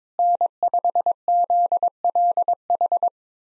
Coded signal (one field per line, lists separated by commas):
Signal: Morse code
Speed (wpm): 22 wpm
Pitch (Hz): 700 Hz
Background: none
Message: N5ZLH